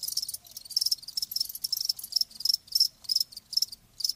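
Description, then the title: Cricket chirping in clear high pulse bursts that repeat steadily. Crickets chirping, presented as lulling sleep sounds. "Live Crickets Chirping"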